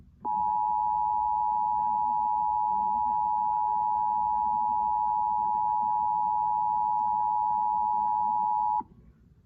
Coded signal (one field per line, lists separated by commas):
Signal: Emergency Alert System (SAME) tones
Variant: 853 and 960 Hz attention tone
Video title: December 2022 Texas Required Monthly Test (EAS #256-265)